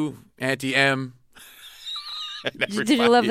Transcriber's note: laughter